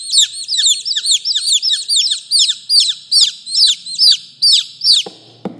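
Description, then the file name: Chick peeping: bright descending peeps, about two per second, fading out with a faint low hum near the end. Chick, a young chicken, calling. "Tieng ga con keu"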